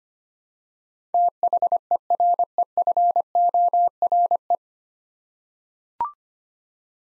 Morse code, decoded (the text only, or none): THEREFORE